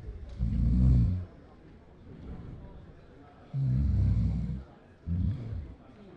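Three loud, deep, rattling snores come in about six seconds, low-pitched and rough, with quieter gaps between them. It is typical snoring: noisy vibration of the relaxed throat during sleep, loud enough to disturb a bed partner.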